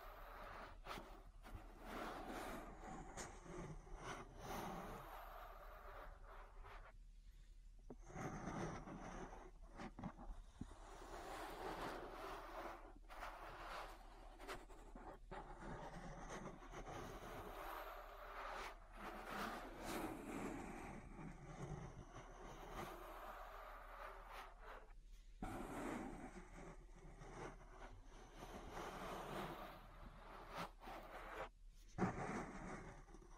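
Ear massage sounds of rubbing and scraping that stay dense and continuous, with brief quiet breaks near 7, 25 and 31 seconds over a low hum.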